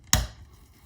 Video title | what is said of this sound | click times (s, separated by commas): Medical Gas Outlet (Finish Assembly) Repair - BeaconMedaes Series B Geometric | and it'll snap into place. | 0.1 s